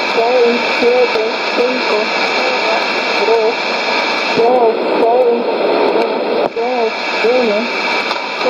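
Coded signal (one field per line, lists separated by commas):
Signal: numbers station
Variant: HM01, Spanish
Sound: faint voice speaking short words at intervals through heavy shortwave hiss and hum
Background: radio static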